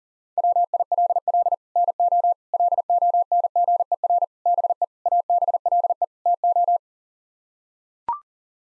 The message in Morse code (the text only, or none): WILL NO LONGER BE ABLE TO